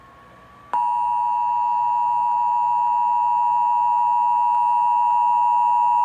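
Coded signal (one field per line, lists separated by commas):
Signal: Emergency Alert System (SAME) tones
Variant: 853 and 960 Hz attention tone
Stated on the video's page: EAS administrative message tones, older recording.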